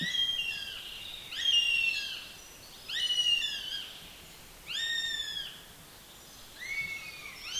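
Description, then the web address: Bird calls, four separate rasping notes that bend downward, each rich in overtones and spaced about one and a half to two seconds apart. "madarak admin enek"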